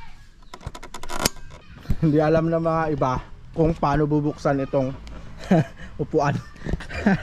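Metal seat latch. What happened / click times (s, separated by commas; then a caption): The seat latch clicked open / 1.3 s. A DIY release cable added to a Raider 150 motorcycle seat lock is pulled. A quick series of small metallic clicks and rattles leads up to a sharp click at 1.2 s as the seat lock releases. Then someone talks.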